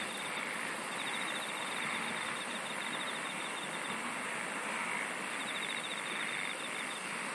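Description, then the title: Insects trilling in a thick chorus, with a rapid very high ticking run at the start and two short lower pulsed trains. "SINGING OF INSECTS"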